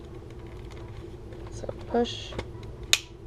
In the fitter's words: there you go you hear that click